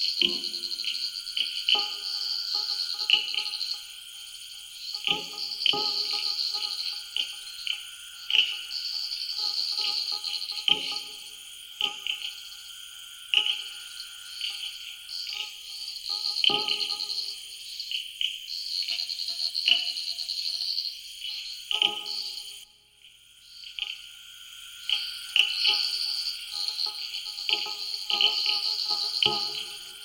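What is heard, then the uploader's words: A night chorus from a wetland in Ghana: a steady, high, shrill insect drone runs through the whole recording, with a lower continuous tone underneath. Short clicks and frog-like croaks pop up irregularly, and the chorus briefly drops out near the 23-second mark. Samuel Kudjodzi's field recording of wetlands at midnight in Ghana. Ghana wetland insects reimagined by Joseph Chaves.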